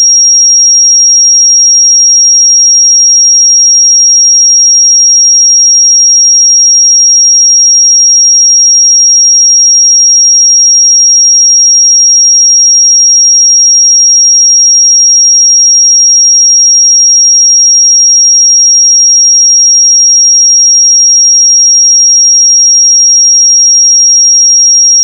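A pure sine tone at 5622 Hz holds perfectly steady for the full 25 seconds, a single thin, high, piercing pitch. Its loudness never changes, and there are no breaks, other sounds, or background noise.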